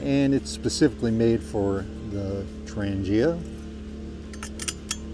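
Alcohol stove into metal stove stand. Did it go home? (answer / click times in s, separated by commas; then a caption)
yes / 4.9 s. Someone talks over background music while an alcohol stove is dropped into its matching metal stove stand. A few light metallic taps and rattles come near the end, and the stove locks into the stand with a sharp click at 4.9 s.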